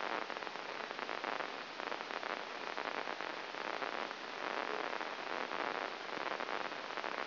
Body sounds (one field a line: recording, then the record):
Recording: brain microelectrode recording played as sound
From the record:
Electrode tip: inside the subthalamic nucleus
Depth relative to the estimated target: -2 mm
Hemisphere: right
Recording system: AlphaMap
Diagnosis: Parkinson's disease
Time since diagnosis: 19 years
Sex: male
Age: 59 years